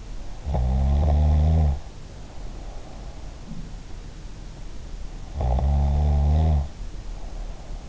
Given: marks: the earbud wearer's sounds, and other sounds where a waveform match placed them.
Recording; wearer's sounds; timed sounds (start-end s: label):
sounds in sleep by an in-ear microphone; snoring breath
0.43-3.12 s: snoring breath
5.19-7.89 s: snoring breath